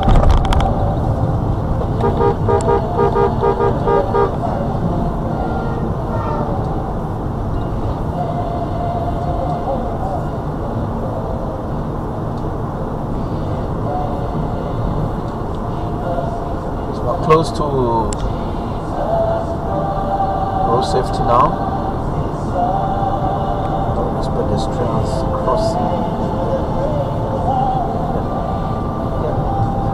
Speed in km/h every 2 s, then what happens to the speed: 55, 55, 50, 52, 55, 56, 58, 61, 63, 64, 66, 66, 61, 58, 60.
0-5 steady at about 55. 5-20 speeds up to 66. 23-26 slows to 58.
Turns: none.